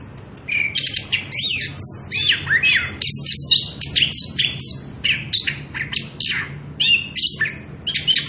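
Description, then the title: Orange-headed thrush delivering an unbroken stream of varied whistles, sharp chirps and slurred notes that rise and drop in quick succession, with a low background hum. Continuous rolling ngerol song at loud volume, used as a lure to provoke other birds and as a tutor song for young birds. "Anis Kembang Gacor. pancingan anis kembang ngerol edan volume dasyattt cocok buat masteran trotolan"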